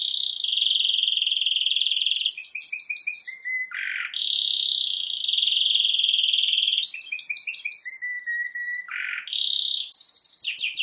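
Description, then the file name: Canary song of long smooth rolling trills broken by short chirps and two low dipping notes, the phrases cycling continuously and loudly. "Canary Voice"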